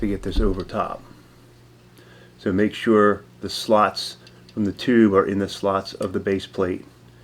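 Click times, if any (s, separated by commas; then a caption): none. Someone talks while handling a Sig Sauer P365 or P365XL pistol magazine base plate, pushing it down over the magazine tube and lining up the tube's side slots with the base plate's slots. Nothing has seated or clicked yet; the clip ends before the base plate snaps into place.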